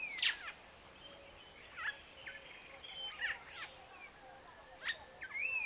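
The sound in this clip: Neumann's starling giving scattered whistled calls and short sharp notes, spaced irregularly.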